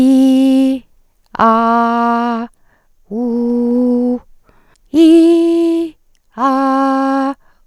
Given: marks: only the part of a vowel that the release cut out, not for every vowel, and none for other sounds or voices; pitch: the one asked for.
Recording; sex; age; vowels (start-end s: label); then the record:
sustained vowels; female; 50 to 59 years
0.00-0.68 s: vowel /i/, normal pitch
1.57-2.22 s: vowel /a/, normal pitch
3.36-4.08 s: vowel /u/, normal pitch
6.58-7.20 s: vowel /a/, high pitch
From the record:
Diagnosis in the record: recurrent laryngeal nerve paralysis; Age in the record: 58 years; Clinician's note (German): Strumiprive Form li, paramedian, sehr gute Restbeweglichkeit, wenig dysphon